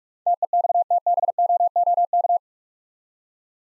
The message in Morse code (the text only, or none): TEXTBOOK